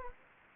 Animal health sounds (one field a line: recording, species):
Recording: mosquito wingbeat signal from an infrared sensor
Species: Anopheles gambiae